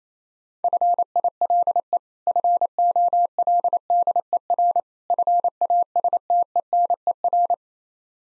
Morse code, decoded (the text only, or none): FILE FOLDER FASTENER